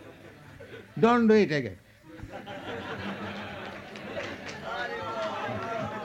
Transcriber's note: laughter